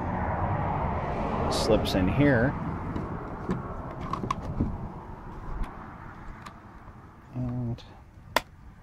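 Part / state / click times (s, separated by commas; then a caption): rear navigation light into its kayak-mounted base / seated / 8.4 s. A rear navigation light is slipped into its base, a mount screwed to a kayak, and pushed down while someone talks over a steady background rumble with a few faint ticks. It snaps into place with one sharp, loud hit at 8.4 s, seating the light in its mount.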